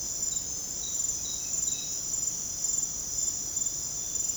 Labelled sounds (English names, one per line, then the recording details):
none
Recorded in secondary vegetation near Puerto Asís, Putumayo, Colombia, on 21 December 2024 at 00:00
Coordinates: 0.489, -76.322
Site G059